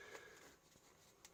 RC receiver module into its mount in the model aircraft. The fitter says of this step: you go it's clicked in place now